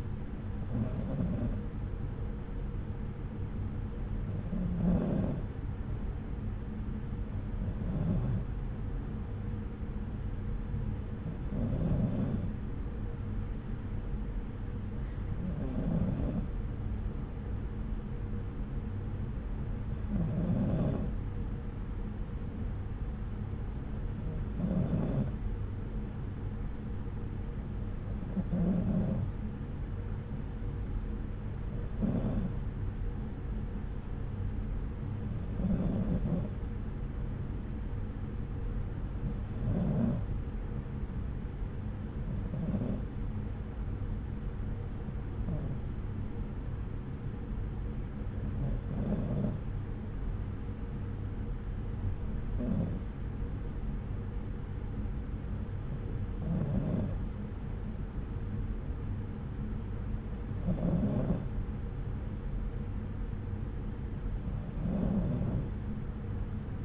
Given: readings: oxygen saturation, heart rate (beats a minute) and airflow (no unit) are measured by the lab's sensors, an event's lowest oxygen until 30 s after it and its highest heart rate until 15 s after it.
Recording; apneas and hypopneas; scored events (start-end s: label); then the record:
breathing in sleep by a smartphone at the bedside; none
none scored
From the record:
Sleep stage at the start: N2 (light sleep); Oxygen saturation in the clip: 93 to 94%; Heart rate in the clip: 62 to 70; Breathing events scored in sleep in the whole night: 303 in 8.1 hours asleep